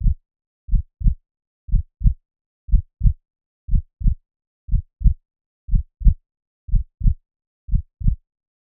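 Deep, muffled lub-dub pairs repeat steadily at 60 beats a minute, with nothing else heard between them. It is a regular heartbeat at a resting rate, as a sound effect.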